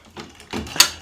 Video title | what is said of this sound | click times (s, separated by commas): Trying Trusted House Sitters for the First Time 🇬🇧 | click in place here's the main front area here essentially | 0.8 s